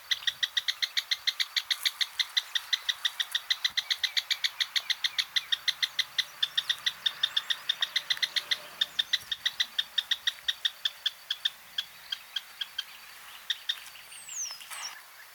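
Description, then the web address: Great xenops uttering a long run of sharp, regular notes that slows and fades toward the end, followed by a short descending whistle. "sound great-xenops. صدای-پرنده-درفش-نوک-بزرگ"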